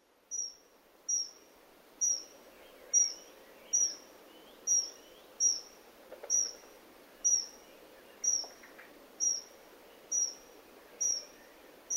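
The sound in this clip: Bird uttering single thin, high whistled notes, repeated at a steady pace roughly once a second, with faint background noise.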